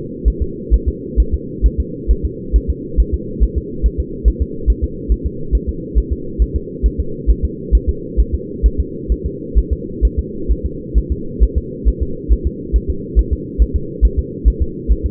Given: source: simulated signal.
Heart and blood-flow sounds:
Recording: fetal heart sounds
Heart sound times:
0.28 s: S1
0.42 s: S2
0.74 s: S1
0.88 s: S2
1.20 s: S1
1.34 s: S2
1.66 s: S1
1.80 s: S2
2.11 s: S1
2.25 s: S2
2.56 s: S1
2.70 s: S2
3.00 s: S1
3.14 s: S2
3.43 s: S1
3.58 s: S2
3.86 s: S1
4.00 s: S2
4.28 s: S1
4.42 s: S2
4.70 s: S1
4.84 s: S2
5.12 s: S1
5.26 s: S2
5.55 s: S1
5.69 s: S2
5.98 s: S1
6.12 s: S2
6.42 s: S1
6.56 s: S2
6.86 s: S1
7.00 s: S2
7.30 s: S1
7.45 s: S2
7.75 s: S1
7.89 s: S2
8.20 s: S1
8.34 s: S2
8.66 s: S1
8.80 s: S2
9.12 s: S1
9.26 s: S2
9.58 s: S1
9.73 s: S2
10.05 s: S1
10.19 s: S2
10.51 s: S1
10.66 s: S2
10.98 s: S1
11.12 s: S2
11.43 s: S1
11.58 s: S2
11.88 s: S1
12.03 s: S2
12.32 s: S1
12.47 s: S2
12.76 s: S1
12.90 s: S2
13.19 s: S1
13.33 s: S2
13.62 s: S1
13.76 s: S2
14.05 s: S1
14.19 s: S2
14.48 s: S1
14.62 s: S2
14.91 s: S1
15.06 s: S2
From the record:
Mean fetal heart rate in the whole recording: 135 bpm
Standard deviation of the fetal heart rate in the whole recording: 3 bpm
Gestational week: 34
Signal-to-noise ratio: -4.3 dB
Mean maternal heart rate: 72 bpm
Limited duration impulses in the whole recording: absent

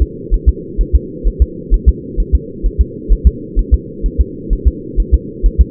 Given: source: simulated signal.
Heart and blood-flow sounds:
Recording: fetal heart sounds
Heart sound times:
0.02 s: S2
0.34 s: S1
0.49 s: S2
0.81 s: S1
0.95 s: S2
1.28 s: S1
1.42 s: S2
1.74 s: S1
1.89 s: S2
2.20 s: S1
2.35 s: S2
2.66 s: S1
2.81 s: S2
3.12 s: S1
3.27 s: S2
3.59 s: S1
3.74 s: S2
4.06 s: S1
4.21 s: S2
4.53 s: S1
4.68 s: S2
5.00 s: S1
5.14 s: S2
5.46 s: S1
5.61 s: S2
From the record:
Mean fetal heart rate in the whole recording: 130 bpm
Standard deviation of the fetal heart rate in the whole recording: 2 bpm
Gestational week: 36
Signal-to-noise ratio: -4.1 dB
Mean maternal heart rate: no maternal heart sound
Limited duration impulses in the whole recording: absent

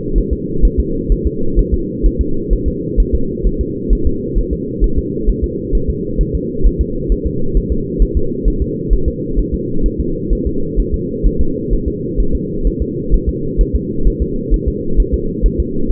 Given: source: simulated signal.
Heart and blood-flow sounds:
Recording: fetal heart sounds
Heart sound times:
0.18 s: S1
0.33 s: S2
0.65 s: S1
0.80 s: S2
1.12 s: S1
1.27 s: S2
1.59 s: S1
1.74 s: S2
2.06 s: S1
2.21 s: S2
2.53 s: S1
2.68 s: S2
3.00 s: S1
3.15 s: S2
3.47 s: S1
3.61 s: S2
3.93 s: S1
4.07 s: S2
4.38 s: S1
4.53 s: S2
4.84 s: S1
4.98 s: S2
5.29 s: S1
5.44 s: S2
5.75 s: S1
5.90 s: S2
6.21 s: S1
6.35 s: S2
6.66 s: S1
6.81 s: S2
7.12 s: S1
7.26 s: S2
7.57 s: S1
7.72 s: S2
8.02 s: S1
8.17 s: S2
8.48 s: S1
8.62 s: S2
8.93 s: S1
9.08 s: S2
9.39 s: S1
9.54 s: S2
9.86 s: S1
10.00 s: S2
10.33 s: S1
10.47 s: S2
10.80 s: S1
10.94 s: S2
11.27 s: S1
11.41 s: S2
11.73 s: S1
11.88 s: S2
12.20 s: S1
12.35 s: S2
12.67 s: S1
12.82 s: S2
13.14 s: S1
13.29 s: S2
13.61 s: S1
13.75 s: S2
14.08 s: S1
14.22 s: S2
14.54 s: S1
14.68 s: S2
15.00 s: S1
15.14 s: S2
15.46 s: S1
15.60 s: S2
15.91 s: S1
From the record:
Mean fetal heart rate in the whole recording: 130 bpm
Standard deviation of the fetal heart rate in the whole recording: 2 bpm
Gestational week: 36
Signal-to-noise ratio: -8.1 dB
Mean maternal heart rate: 72 bpm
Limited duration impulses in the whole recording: absent

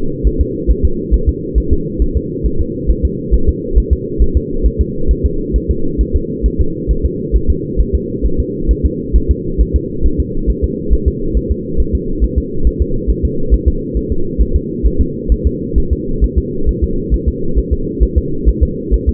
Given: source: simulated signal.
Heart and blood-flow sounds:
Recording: fetal heart sounds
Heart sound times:
0.27 s: S1
0.41 s: S2
0.71 s: S1
0.85 s: S2
1.14 s: S1
1.29 s: S2
1.58 s: S1
1.73 s: S2
2.02 s: S1
2.17 s: S2
2.46 s: S1
2.61 s: S2
2.91 s: S1
3.05 s: S2
3.34 s: S1
3.49 s: S2
3.78 s: S1
3.93 s: S2
4.22 s: S1
4.37 s: S2
4.66 s: S1
4.81 s: S2
5.11 s: S1
5.26 s: S2
5.56 s: S1
5.71 s: S2
6.01 s: S1
6.16 s: S2
6.46 s: S1
6.61 s: S2
6.91 s: S1
7.06 s: S2
7.36 s: S1
7.50 s: S2
7.81 s: S1
7.95 s: S2
8.26 s: S1
8.40 s: S2
8.71 s: S1
8.86 s: S2
9.16 s: S1
9.31 s: S2
9.61 s: S1
9.76 s: S2
10.06 s: S1
10.20 s: S2
10.50 s: S1
10.64 s: S2
10.93 s: S1
11.08 s: S2
11.37 s: S1
11.51 s: S2
11.80 s: S1
11.95 s: S2
12.24 s: S1
12.38 s: S2
12.67 s: S1
12.82 s: S2
13.10 s: S1
13.25 s: S2
13.54 s: S1
13.68 s: S2
13.97 s: S1
14.12 s: S2
14.41 s: S1
14.56 s: S2
14.86 s: S1
15.01 s: S2
15.32 s: S1
15.47 s: S2
15.78 s: S1
15.93 s: S2
16.24 s: S1
16.38 s: S2
16.69 s: S1
16.84 s: S2
17.14 s: S1
17.28 s: S2
17.58 s: S1
17.73 s: S2
18.03 s: S1
18.18 s: S2
18.49 s: S1
18.63 s: S2
18.94 s: S1
19.09 s: S2
From the record:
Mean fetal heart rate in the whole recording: 135 bpm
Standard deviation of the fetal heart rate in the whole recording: 3 bpm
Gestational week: 34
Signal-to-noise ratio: -8.1 dB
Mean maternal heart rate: 72 bpm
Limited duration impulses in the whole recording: absent

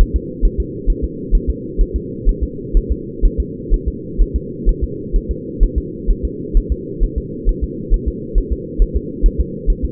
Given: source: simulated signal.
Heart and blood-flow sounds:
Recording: fetal heart sounds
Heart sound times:
0.01 s: S1
0.16 s: S2
0.45 s: S1
0.60 s: S2
0.90 s: S1
1.04 s: S2
1.35 s: S1
1.50 s: S2
1.81 s: S1
1.96 s: S2
2.29 s: S1
2.43 s: S2
2.77 s: S1
2.91 s: S2
3.25 s: S1
3.40 s: S2
3.74 s: S1
3.88 s: S2
4.22 s: S1
4.36 s: S2
4.69 s: S1
4.83 s: S2
5.16 s: S1
5.31 s: S2
5.63 s: S1
5.78 s: S2
6.11 s: S1
6.25 s: S2
6.57 s: S1
6.72 s: S2
7.04 s: S1
7.18 s: S2
7.49 s: S1
7.63 s: S2
7.94 s: S1
8.08 s: S2
8.38 s: S1
8.52 s: S2
8.82 s: S1
8.97 s: S2
9.26 s: S1
9.40 s: S2
9.70 s: S1
9.85 s: S2
From the record:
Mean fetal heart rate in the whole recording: 130 bpm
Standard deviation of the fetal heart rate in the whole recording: 4 bpm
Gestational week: 38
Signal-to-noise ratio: -4.1 dB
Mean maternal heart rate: no maternal heart sound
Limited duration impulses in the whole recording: absent

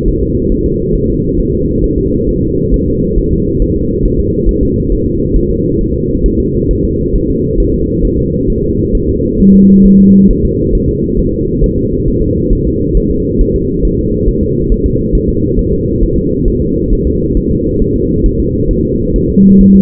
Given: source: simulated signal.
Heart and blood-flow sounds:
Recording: fetal heart sounds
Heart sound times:
0.08 s: S1
0.23 s: S2
0.52 s: S1
0.66 s: S2
0.95 s: S1
1.10 s: S2
1.39 s: S1
1.54 s: S2
1.84 s: S1
1.98 s: S2
2.29 s: S1
2.43 s: S2
2.74 s: S1
2.88 s: S2
3.18 s: S1
3.33 s: S2
3.62 s: S1
3.76 s: S2
4.06 s: S1
4.20 s: S2
4.49 s: S1
4.63 s: S2
4.92 s: S1
5.07 s: S2
5.36 s: S1
5.51 s: S2
5.81 s: S1
5.95 s: S2
6.26 s: S1
6.40 s: S2
6.71 s: S1
6.85 s: S2
7.16 s: S1
7.30 s: S2
7.60 s: S1
7.74 s: S2
8.05 s: S1
8.19 s: S2
8.50 s: S1
8.64 s: S2
8.95 s: S1
9.09 s: S2
9.40 s: S1
9.55 s: S2
9.86 s: S1
10.00 s: S2
10.31 s: S1
10.45 s: S2
10.75 s: S1
10.89 s: S2
11.19 s: S1
11.34 s: S2
11.64 s: S1
11.78 s: S2
12.08 s: S1
12.22 s: S2
12.53 s: S1
12.67 s: S2
12.97 s: S1
13.11 s: S2
13.41 s: S1
13.56 s: S2
13.85 s: S1
13.99 s: S2
14.29 s: S1
14.43 s: S2
14.72 s: S1
14.86 s: S2
15.15 s: S1
15.29 s: S2
15.59 s: S1
15.73 s: S2
16.03 s: S1
16.18 s: S2
16.48 s: S1
16.62 s: S2
16.93 s: S1
17.07 s: S2
17.37 s: S1
17.51 s: S2
17.82 s: S1
17.96 s: S2
18.26 s: S1
18.40 s: S2
18.71 s: S1
18.85 s: S2
19.16 s: S1
19.30 s: S2
19.61 s: S1
19.76 s: S2
From the record:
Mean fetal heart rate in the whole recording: 135 bpm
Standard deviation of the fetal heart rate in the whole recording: 3 bpm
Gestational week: 36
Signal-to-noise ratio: -14.7 dB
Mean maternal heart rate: 72 bpm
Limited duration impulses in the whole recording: present

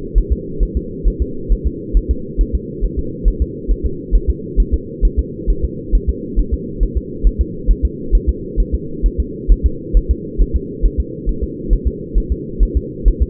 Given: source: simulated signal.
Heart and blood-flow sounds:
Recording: fetal heart sounds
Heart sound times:
0.18 s: S1
0.32 s: S2
0.63 s: S1
0.77 s: S2
1.08 s: S1
1.22 s: S2
1.52 s: S1
1.67 s: S2
1.97 s: S1
2.11 s: S2
2.41 s: S1
2.55 s: S2
2.85 s: S1
2.99 s: S2
3.28 s: S1
3.42 s: S2
3.71 s: S1
3.86 s: S2
4.15 s: S1
4.30 s: S2
4.60 s: S1
4.74 s: S2
5.05 s: S1
5.19 s: S2
5.50 s: S1
5.65 s: S2
5.95 s: S1
6.09 s: S2
6.40 s: S1
6.54 s: S2
6.83 s: S1
6.97 s: S2
7.27 s: S1
7.41 s: S2
7.71 s: S1
7.85 s: S2
8.15 s: S1
8.29 s: S2
8.60 s: S1
8.75 s: S2
9.06 s: S1
9.20 s: S2
9.52 s: S1
9.66 s: S2
9.97 s: S1
10.11 s: S2
10.42 s: S1
10.56 s: S2
10.86 s: S1
11.00 s: S2
11.29 s: S1
11.44 s: S2
11.73 s: S1
11.88 s: S2
12.18 s: S1
12.32 s: S2
12.63 s: S1
12.77 s: S2
13.08 s: S1
13.23 s: S2
From the record:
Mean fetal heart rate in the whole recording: 135 bpm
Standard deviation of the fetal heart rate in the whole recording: 3 bpm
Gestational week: 36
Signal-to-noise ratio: -4.3 dB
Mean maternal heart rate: 72 bpm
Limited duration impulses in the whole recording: absent

